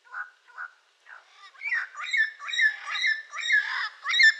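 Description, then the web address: Yellow-crowned amazon squawking: a few short hoarse notes, then a longer run of harsh, harmonic squawks and chatter delivered in uneven bursts. "sound yellow-crowned-amazon. صدای-پرنده-آمازون-تاجزرد"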